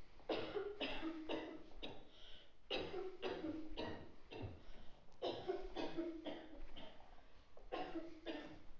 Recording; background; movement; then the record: deep breathing; a bystander coughing; walking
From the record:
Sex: female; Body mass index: 21.8 kg/m2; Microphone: on the chest, facing outward